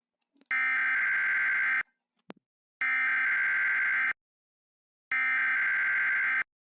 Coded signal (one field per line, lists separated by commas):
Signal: Emergency Alert System (SAME) tones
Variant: header bursts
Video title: EAS Scenario #1 - East Coast Earthquake Pt 1